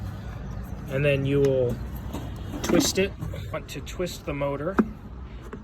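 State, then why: Released. The headlight auto-level motor on a Lexus is twisted out of its clip mount inside the headlight housing while someone talks. A single sharp pop at 5.5 s marks the motor releasing from the mount.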